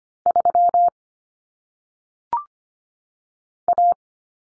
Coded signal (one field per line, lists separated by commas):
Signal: Morse code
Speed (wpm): 25 wpm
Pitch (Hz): 700 Hz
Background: none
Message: 3 A